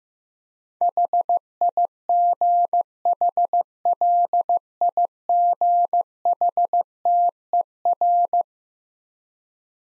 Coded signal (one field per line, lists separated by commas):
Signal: Morse code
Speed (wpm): 15 wpm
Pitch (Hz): 700 Hz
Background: none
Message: HIGHLIGHTER